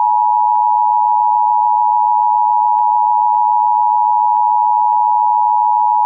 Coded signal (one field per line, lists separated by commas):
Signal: Emergency Alert System (SAME) tones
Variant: 853 and 960 Hz attention tone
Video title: My first EAS video (WARNING: FAKE)